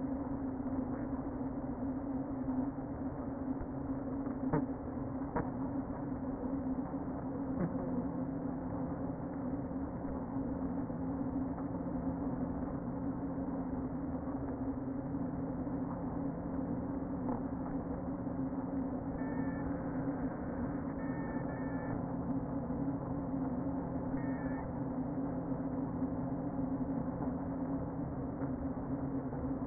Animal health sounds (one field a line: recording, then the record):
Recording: honeybee colony, microphone inside the hive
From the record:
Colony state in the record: queen present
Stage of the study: before two queens were removed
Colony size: about 60,000 bees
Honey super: yes